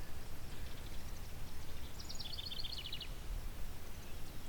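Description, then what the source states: Indigo Bunting song: a short series of high, paired notes repeated quickly, with fainter bird notes before and after it and a low background rumble. Buntings along this section seem to like singing from dead trees.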